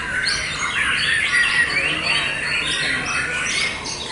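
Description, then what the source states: White-rumped shama song with rapid varied whistles and trills, phrases packed closely together. Wild bird in forest; original natural song.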